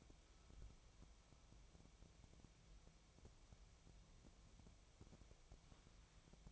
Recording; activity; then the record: daily activity, microphone in the room; wipe stove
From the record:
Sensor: 1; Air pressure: 1001.6 hPa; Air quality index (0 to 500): 218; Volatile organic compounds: 28 ppm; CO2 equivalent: 2906 ppm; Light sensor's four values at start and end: 7/29/10/11 and 7/28/10/11